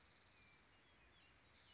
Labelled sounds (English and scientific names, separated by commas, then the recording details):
Bewick's Wren (Thryomanes bewickii)
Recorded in Sonoma County, California